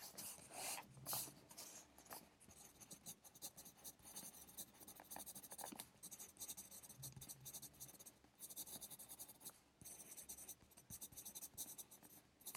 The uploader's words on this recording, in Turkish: Sessiz odada 60 dakika boyunca kurşun kalem ile ders çalışma; ortam sesleri, beyaz gürültü alt yapısı.